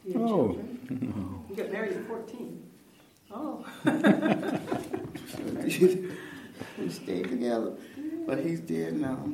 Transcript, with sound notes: You got married at fourteen? Oh! (laughter)
I sure did. We stayed together, but he’s dead now.